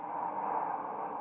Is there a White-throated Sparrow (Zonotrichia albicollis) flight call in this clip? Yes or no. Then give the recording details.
no. No flight call is heard. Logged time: 02:27 on 15 November 2014